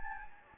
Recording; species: mosquito wingbeat signal from an infrared sensor; Anopheles gambiae